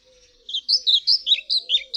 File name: Mucholowka zalobna